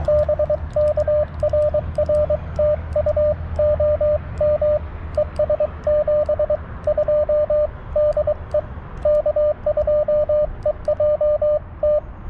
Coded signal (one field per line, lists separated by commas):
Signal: Morse code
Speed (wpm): 22 wpm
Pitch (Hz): 590 Hz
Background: radio noise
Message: BK RR TU OM ES 72 DE K2EJT